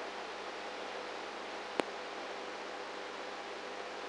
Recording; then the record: brain microelectrode recording played as sound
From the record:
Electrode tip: outside the subthalamic nucleus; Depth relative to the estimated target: -5 mm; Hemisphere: right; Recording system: NeuroSet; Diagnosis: Parkinson's disease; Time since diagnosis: 19 years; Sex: female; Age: 58 years